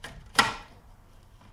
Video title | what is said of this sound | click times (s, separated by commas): Satisfying Acura NSX Headlight Restoration! | and they lock into place. | 0.4 s